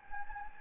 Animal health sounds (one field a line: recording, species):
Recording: mosquito wingbeat signal from an infrared sensor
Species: Anopheles gambiae